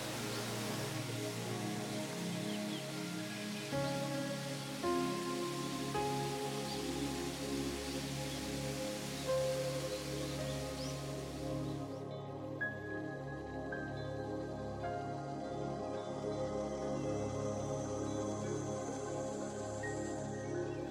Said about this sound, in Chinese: 我對面嗰個瀑布係咩咧？係一個人工作出嚟嘅瀑布，喺江户時代攞嚟咩啊？攞嚟 please 嗰個藩主，當個藩主喺個茶室嗰度飲緊茶嗰陣時咧，佢就可以聽見呢個瀑布嘅流水聲